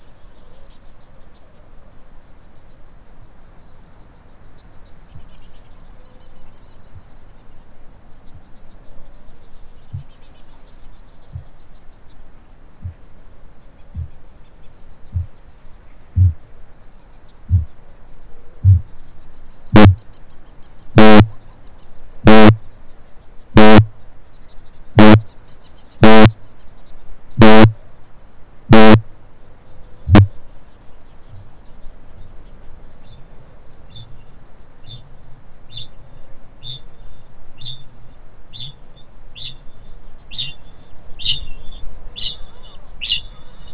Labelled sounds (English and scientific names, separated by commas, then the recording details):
Kākāpō (Strigops habroptilus) boom, Kākāpō (Strigops habroptilus) ching call
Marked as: faintness 4/5, faintness 3/5, faintness 2/5, faintness 1/5
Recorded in New Zealand
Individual Stumpy